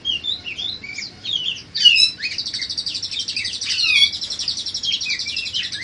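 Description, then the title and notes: Bird song, slurred whistled notes giving way to a long, rapid high trill that runs on for several seconds. Master recording used for training birds, from a collection of bird master recordings. "Kumpulan Masteran Burung"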